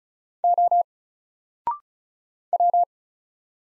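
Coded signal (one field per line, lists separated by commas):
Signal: Morse code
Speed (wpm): 36 wpm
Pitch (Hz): 700 Hz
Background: none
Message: O W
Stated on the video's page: Morse practice of single letters at 35 wpm, each letter sent, then spoken, then sent again.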